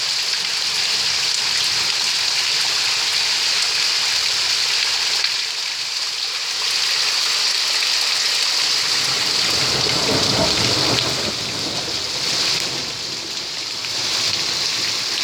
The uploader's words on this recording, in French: Averse orageuse, Caunes (Aude). Une pluie bienvenue !